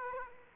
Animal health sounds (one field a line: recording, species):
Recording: mosquito wingbeat signal from an infrared sensor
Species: Aedes aegypti